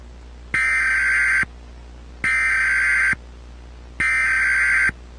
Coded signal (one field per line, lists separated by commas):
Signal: Emergency Alert System (SAME) tones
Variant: header bursts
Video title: Shattered Dawn [EAS Scenario/Analog Horror] - Foxtrot Foundation